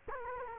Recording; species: mosquito wingbeat signal from an infrared sensor; Culex quinquefasciatus